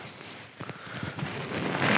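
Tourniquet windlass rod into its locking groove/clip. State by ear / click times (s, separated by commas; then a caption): not seated / none. A tourniquet is being tightened on a person's own limb, with the windlass rod twisted and handled toward the plastic locking groove that holds it. Faint rustling and a few short taps are heard at 0.6–0.7 s, with handling noise rising toward the end. The clip ends before the windlass reaches its retaining groove, so nothing has seated or clicked yet.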